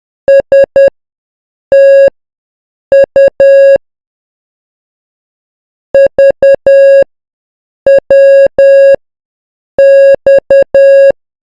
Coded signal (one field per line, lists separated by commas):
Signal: Morse code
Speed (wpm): 10 wpm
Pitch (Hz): 550 Hz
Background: none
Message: STU VWX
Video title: Amateur-Radio: Morse Code Alphabet from A to Z 10 WPM